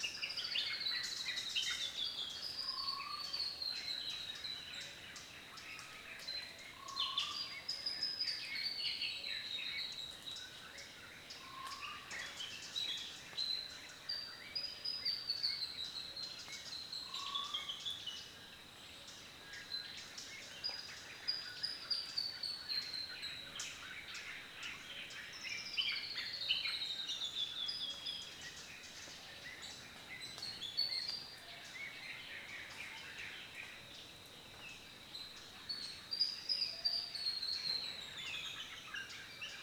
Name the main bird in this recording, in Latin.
Cyanomitra cyanolaema